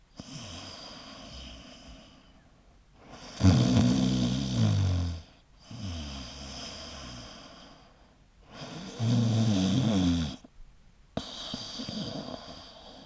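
Repeated snoring from an adult sleeper: low-pitched, rumbling snore sounds, some louder and harsher than others, recurring irregularly with quieter breathing between them.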